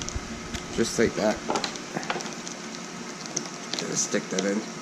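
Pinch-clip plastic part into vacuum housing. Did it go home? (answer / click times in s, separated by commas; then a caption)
no / none. A plastic pinch-clip part is handled at the housing of a Eureka PowerSpeed Pro Turbo Spotlight vacuum while someone talks, with a few short plastic ticks and knocks from handling. The part has not gone home yet, and nothing has seated or clicked.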